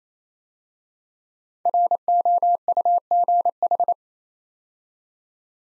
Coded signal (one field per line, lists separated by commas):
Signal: Morse code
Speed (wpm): 29 wpm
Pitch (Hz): 700 Hz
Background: none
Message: ROUGH